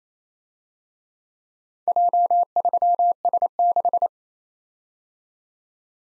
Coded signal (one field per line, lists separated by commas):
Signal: Morse code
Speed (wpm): 30 wpm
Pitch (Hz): 700 Hz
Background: none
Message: J3S6